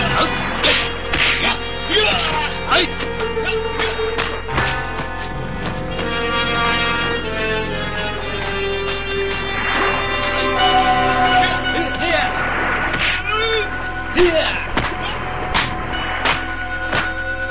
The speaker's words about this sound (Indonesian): Pukulan demi pukulan mewarnai ketangkasan masing-masing. Beberapa jurus telah dilaluinya.